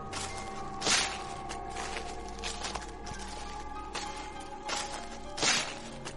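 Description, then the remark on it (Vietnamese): Footsteps of someone walking round and round outside a bathroom, behind its wall, a series of dull, scuffing impacts spaced roughly a second apart, a few louder than others, over a steady low hum with no voices. “Tiếng bước chân đều đều vang lên. Có ai đó đang đi ở bên ngoài.”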